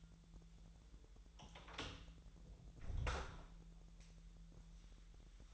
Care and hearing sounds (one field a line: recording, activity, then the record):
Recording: daily activity, microphone in the room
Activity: close door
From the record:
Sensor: 3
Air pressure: 1001.4 hPa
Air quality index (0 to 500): 249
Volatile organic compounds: 156 ppm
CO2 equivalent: 4048 ppm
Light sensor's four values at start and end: 10/24/10/9 and 9/21/8/8